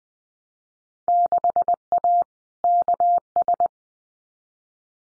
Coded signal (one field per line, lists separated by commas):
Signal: Morse code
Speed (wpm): 20 wpm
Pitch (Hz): 700 Hz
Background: none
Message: 6A KS